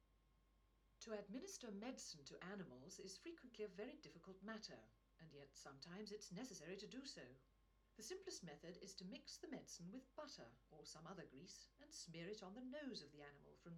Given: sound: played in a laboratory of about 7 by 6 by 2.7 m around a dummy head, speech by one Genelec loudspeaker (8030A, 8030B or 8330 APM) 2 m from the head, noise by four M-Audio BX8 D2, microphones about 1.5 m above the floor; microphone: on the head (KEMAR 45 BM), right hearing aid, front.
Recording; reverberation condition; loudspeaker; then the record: female speech in English; low; 60 degrees to the right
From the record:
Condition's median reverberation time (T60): about 310 ms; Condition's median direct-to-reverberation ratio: about 3.5 dB